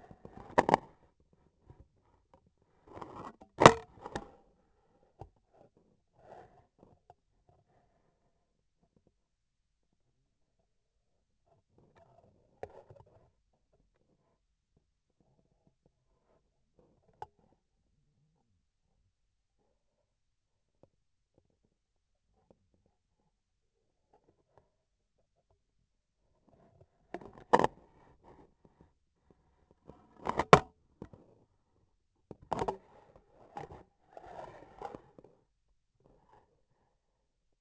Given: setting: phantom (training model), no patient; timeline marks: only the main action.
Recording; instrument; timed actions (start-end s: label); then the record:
laparoscopic instrument, vibration sensor on the handle end; scissors
3.51-4.53 s: cutting thread
30.09-30.79 s: cutting thread
From the record:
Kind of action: gesture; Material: cotton thread